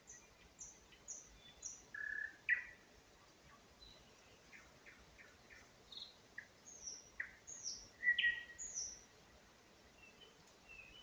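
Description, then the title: Nightingale song with repeated high chips, a buzzy note, scattered whistles and sharp slurs, phrases coming steadily over a quiet hiss. Singing in spring near Huncha, Vinnytsia Oblast, Ukraine, by an unnamed road. "Unnamed Road, Гунча, Вінницька область, Україна, 23724-Spring, nightingale singing"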